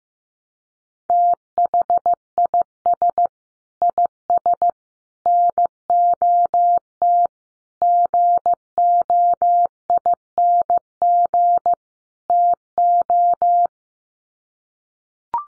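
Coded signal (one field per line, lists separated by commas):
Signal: Morse code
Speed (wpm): 15 wpm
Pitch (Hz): 700 Hz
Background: none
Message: THIS IS NOT GOING TO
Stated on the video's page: Morse code head-copy practice at 15 wpm: sets of common five-word groups, each sent in Morse, then spoken, then sent again.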